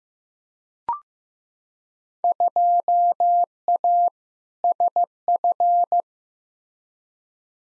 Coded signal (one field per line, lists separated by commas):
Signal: Morse code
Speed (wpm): 15 wpm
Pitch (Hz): 700 Hz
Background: none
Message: 2A SF